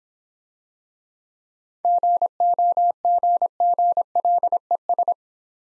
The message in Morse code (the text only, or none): GOGGLES